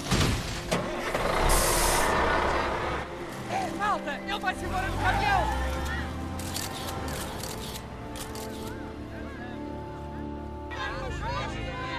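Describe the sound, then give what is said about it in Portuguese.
In the animated film Cars, Portuguese dub, the truck carrying Lightning McQueen starts and pulls away, a steady low rumble building under bursts of hissing air and a rising whine, with voices calling out over the noise. “Malta, ele vai se embora do caminhão!”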